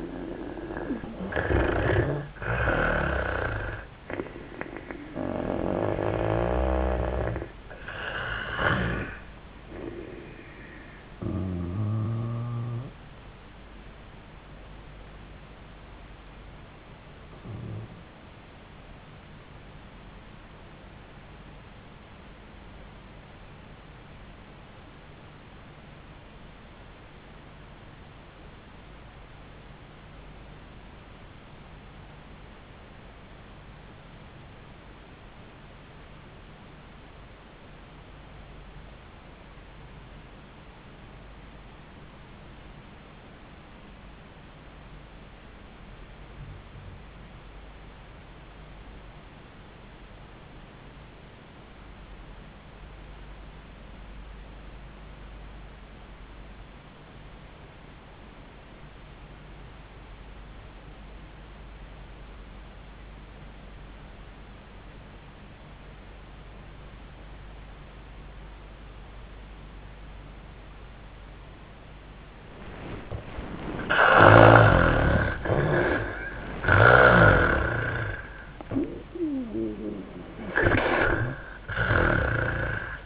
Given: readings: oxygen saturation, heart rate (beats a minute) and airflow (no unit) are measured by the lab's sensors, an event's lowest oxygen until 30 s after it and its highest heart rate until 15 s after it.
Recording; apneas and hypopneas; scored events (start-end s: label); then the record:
breathing in sleep by a voice recorder at the bedside; 1
21.00-72.60 s: obstructive apnea (REM, oxygen 98% highest, then 68% lowest, heart rate 74 at the start, 93 highest)
21.00-81.00 s: new sleep stage, REM sleep
81.00-83.06 s: new sleep stage, N1 (lightest sleep)
From the record:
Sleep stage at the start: N1 (lightest sleep); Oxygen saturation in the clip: 71 to 98%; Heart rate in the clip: 66 to 93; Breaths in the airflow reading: 7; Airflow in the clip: -19.3 to 8.0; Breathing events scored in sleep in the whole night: 400 in 8.7 hours asleep